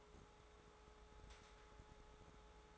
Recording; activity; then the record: daily activity, microphone in the room; take from stove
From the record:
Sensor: 3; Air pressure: 1010.3 hPa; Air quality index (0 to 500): 165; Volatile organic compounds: 9 ppm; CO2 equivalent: 2161 ppm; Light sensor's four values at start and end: 50/123/54/60 and 51/124/55/61